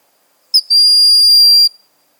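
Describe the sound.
Broad-winged hawk call: one thin, high, steady whistle lasting about a second, after a short sharp note at its start, with no other sounds.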